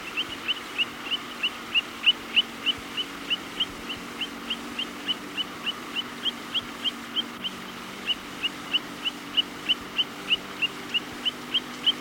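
Long-billed plover calling continuously: crisp, high, slightly upslurred whistles repeated roughly three times a second, steady in pitch, with a low humming background throughout.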